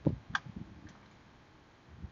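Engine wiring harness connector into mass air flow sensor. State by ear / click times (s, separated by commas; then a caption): seated / 0.3 s. An engine wiring harness connector is pushed onto the plastic mass air flow sensor of a Pontiac Firebird with the 3.8 liter V6. A low thump at 0.1 seconds is followed by a sharp click at 0.4 seconds, then a few soft knocks and quiet. The connector is seated.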